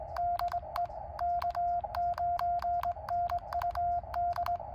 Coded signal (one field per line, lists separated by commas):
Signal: Morse code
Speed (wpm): 22 wpm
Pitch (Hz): 690 Hz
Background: none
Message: DE K9NUD